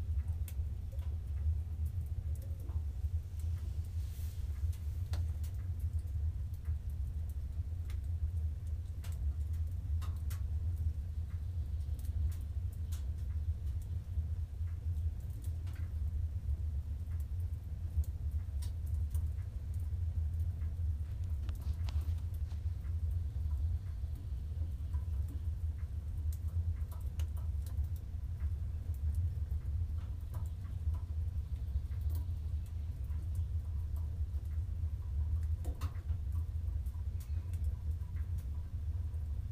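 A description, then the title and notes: A heavy, steady low rumble runs through the whole 40 seconds without letup, like a roaring fire in a sauna stove. Small scattered ticks and crackles pop over it at irregular moments, a little more often near the start and around 35 seconds. Sauna in Finland.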